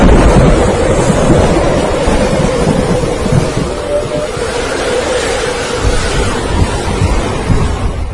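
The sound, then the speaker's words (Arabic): A loud, continuous rumble of thunder rolls on for several seconds, a dense low roar with a windy, stormy hiss over it and no voices. “بعد كده حسيت بصوت برق ورعد.”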